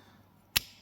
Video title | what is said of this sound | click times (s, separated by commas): Egyptian style dagger - 48 hour Dagger Build | This has a really satisfying click when I put it in, which is really nice. | 0.6 s